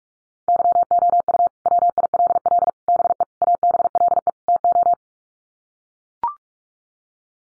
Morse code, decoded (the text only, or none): YOU WILL BE ABLE TO